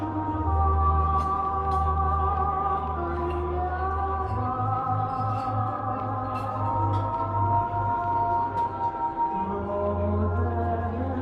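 Old-time music plays steadily in a coffee shop, held chords and a low bass line that changes notes around four and nine and a half seconds. Faint murmured talk sits under the music, and a few soft clinks break through now and then.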